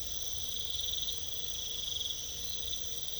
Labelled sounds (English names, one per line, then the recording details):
none
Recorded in pastures near Puerto Asís, Putumayo, Colombia, on 22 December 2024 at 00:00
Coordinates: 0.486, -76.323
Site GP01